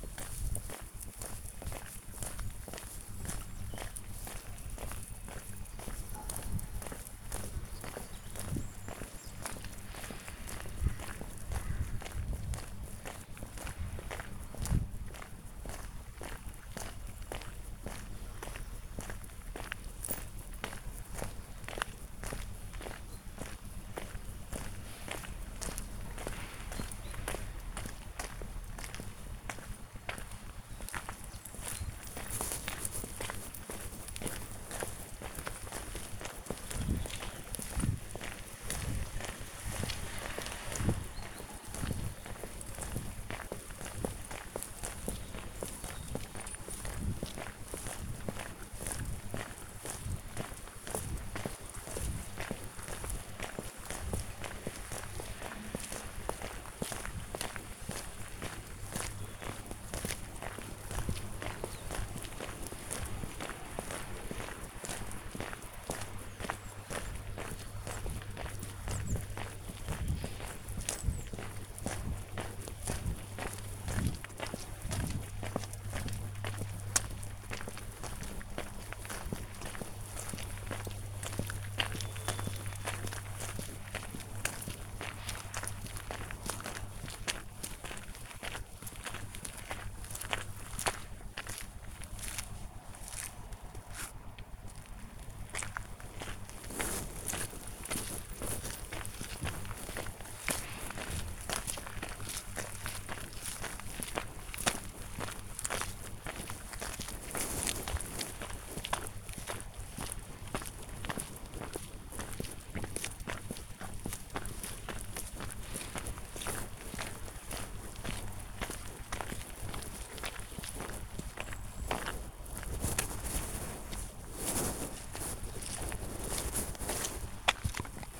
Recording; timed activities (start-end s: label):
household activities, microphone on the right wrist
0.00-128.19 s: going for a walk with dog